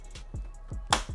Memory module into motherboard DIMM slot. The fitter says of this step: Donc voilà, vous voyez, ça a clipsé, donc il ne faut pas hésiter à appuyer un petit peu, souvent c'est un petit peu dur, hein.